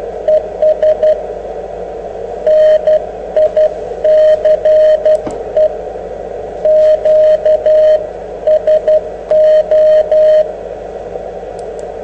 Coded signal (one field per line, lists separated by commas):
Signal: Morse code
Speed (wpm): 12 wpm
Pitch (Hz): 620 Hz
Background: radio noise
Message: ES NICE QSO